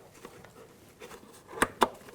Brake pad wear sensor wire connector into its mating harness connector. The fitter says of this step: Make sure it locks in place.